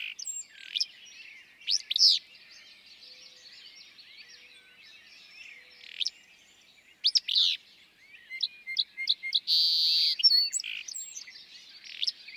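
Willow flycatcher singing brief buzzy, sneezy phrases at irregular intervals, with other birds twittering throughout and a harsh steady buzz near the end.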